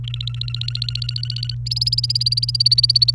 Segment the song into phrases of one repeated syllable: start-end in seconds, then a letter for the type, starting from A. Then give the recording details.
0.03-1.55 A, 1.66-3.11 B. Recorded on 29 April 2018 at 15:32. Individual llb3